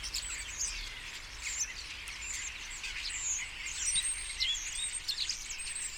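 Common starlings chattering, many overlapping whistles, creaks and chirps forming a steady high babble.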